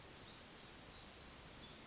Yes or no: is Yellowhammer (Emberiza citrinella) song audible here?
no